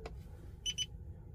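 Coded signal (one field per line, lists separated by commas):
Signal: beep code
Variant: Tesla anti-nag chip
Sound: a click, then two quick high beeps in fast succession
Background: car interior hum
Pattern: 2 short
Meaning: Two quick beeps mean the chip is turned off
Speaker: two quick beeps means it is turned off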